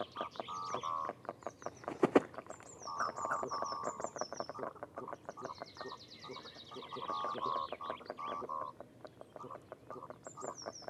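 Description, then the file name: Goosander croaking calls, a quick stuttering series of nasal pulses with brief pauses, high thin downslurred whistles and one sharp knock near the start. Close recording of goosander. "Digiffects Sound Effects Library - Close Goosander Bird"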